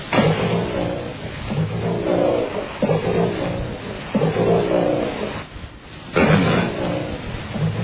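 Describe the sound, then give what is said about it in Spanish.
A deep, rumbling animal-like roar repeats in several long, loud bursts with harmonic growls, briefly fading before one last powerful roar, with no voices present. “Es Selma. Serpiente gigante. Esta serpiente gigante que supuestamente habita en un lago de Noruega.”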